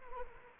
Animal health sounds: mosquito wingbeat signal from an infrared sensor; Anopheles arabiensis

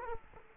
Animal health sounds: mosquito wingbeat signal from an infrared sensor; Culex quinquefasciatus

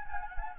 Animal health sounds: mosquito wingbeat signal from an infrared sensor; Anopheles gambiae

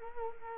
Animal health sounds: mosquito wingbeat signal from an infrared sensor; Culex quinquefasciatus

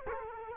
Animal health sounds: mosquito wingbeat signal from an infrared sensor; Culex quinquefasciatus

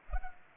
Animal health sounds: mosquito wingbeat signal from an infrared sensor; Culex pipiens

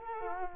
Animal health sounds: mosquito wingbeat signal from an infrared sensor; Culex quinquefasciatus

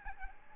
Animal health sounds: mosquito wingbeat signal from an infrared sensor; Aedes albopictus

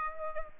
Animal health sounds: mosquito wingbeat signal from an infrared sensor; Aedes aegypti

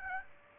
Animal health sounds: mosquito wingbeat signal from an infrared sensor; Aedes aegypti

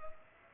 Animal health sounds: mosquito wingbeat signal from an infrared sensor; Culex pipiens

